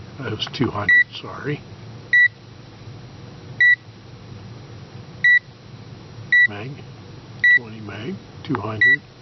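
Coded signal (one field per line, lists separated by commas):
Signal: none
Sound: multimeter range beeps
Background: speech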